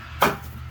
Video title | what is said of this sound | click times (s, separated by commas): The Wonderful World of Wood Stoves | Oh, there we go. And then get that satisfying snap finally. | 0.2 s